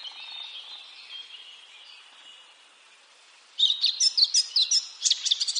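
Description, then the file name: Eurasian blackcap song: a faint, hissy stretch, then a burst of loud, bright, clear notes and quick twittering phrases over the last two seconds. "Sylvia atricapilla"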